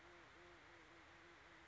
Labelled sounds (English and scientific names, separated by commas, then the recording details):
Band-tailed Pigeon (Patagioenas fasciata)
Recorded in Sonoma County, California